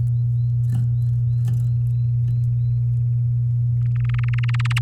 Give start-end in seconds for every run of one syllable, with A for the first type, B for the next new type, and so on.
3.96-4.79 A